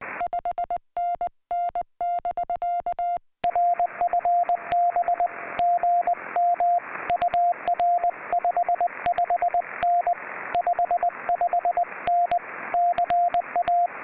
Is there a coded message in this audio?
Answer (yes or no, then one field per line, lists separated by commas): yes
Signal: Morse code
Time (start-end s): 0.2-13.9 s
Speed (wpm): 19 wpm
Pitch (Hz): 700 Hz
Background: music, radio noise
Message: 5NN <BK> RFB GM UR 55N 55N CA